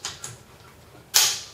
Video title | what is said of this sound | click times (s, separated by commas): A&K ACR Masada review | flips up, locks into place. | 1.2 s